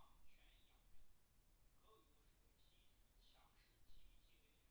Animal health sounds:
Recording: poultry house recording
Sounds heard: no chicken sound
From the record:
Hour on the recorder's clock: 16

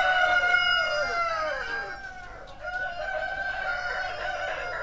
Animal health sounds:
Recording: poultry house recording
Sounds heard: healthy chickens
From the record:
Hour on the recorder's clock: 2

